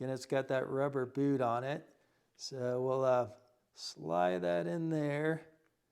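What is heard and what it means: A plastic brake switch connector with a rubber boot is slid toward its mating plug on the handlebar control of a 2023 CVO motorcycle while someone talks. Nothing has seated or clicked yet; the connector is handled but not yet home.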